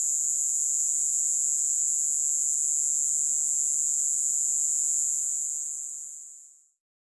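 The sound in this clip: Cicada drone, an unbroken shrill buzz, high in pitch, fading smoothly away to silence over the last two seconds.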